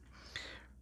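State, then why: Seated. A plastic piece is plugged into its socket on a plastic Transformers War for Cybertron Kingdom Dinobot action figure during transformation. A short, sharp plastic click sounds at 0.4 s over a quiet low background hum. The part seats in place.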